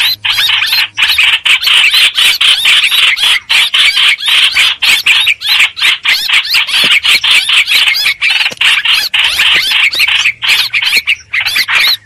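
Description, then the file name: Streak-eared bulbul giving rapid, grating distress notes, dense and continuous, with rough chattering squawks following one another in quick succession. Distress call given to summon the flock. "Tieng chim trao trao keu cuu goi bay"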